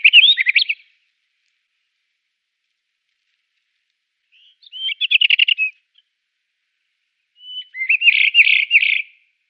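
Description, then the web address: White-crowned wheatear singing short, varied phrases of quick trilled and whistled notes, three separate bursts spaced several seconds apart against a silent background. "Schulze Peter White-crowned Wheatear song"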